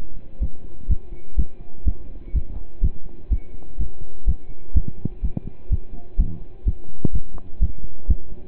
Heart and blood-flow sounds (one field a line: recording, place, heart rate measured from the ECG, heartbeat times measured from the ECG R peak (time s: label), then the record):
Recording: heart sounds by stethoscope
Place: between the tricuspid and mitral areas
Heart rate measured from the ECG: 125 bpm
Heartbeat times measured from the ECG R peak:
0.41 s: heartbeat
0.89 s: heartbeat
1.37 s: heartbeat
1.86 s: heartbeat
2.34 s: heartbeat
2.82 s: heartbeat
3.31 s: heartbeat
3.79 s: heartbeat
4.27 s: heartbeat
4.75 s: heartbeat
5.23 s: heartbeat
5.70 s: heartbeat
6.18 s: heartbeat
6.66 s: heartbeat
7.13 s: heartbeat
7.61 s: heartbeat
8.09 s: heartbeat
From the record:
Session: pedaling a stationary bicycle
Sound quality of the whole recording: partially saturated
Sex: male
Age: 27 years